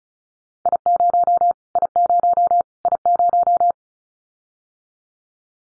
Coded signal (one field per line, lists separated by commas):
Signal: Morse code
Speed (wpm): 34 wpm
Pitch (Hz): 700 Hz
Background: none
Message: I0 I0 I0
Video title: Callsign Prefixes for Top 25 DXCC Repeated 35wpm